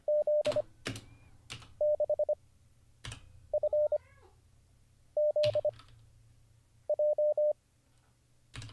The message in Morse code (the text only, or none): Z 6 F Z J